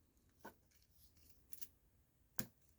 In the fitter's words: locks into place then you push this black button do